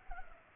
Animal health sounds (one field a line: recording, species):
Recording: mosquito wingbeat signal from an infrared sensor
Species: Culex pipiens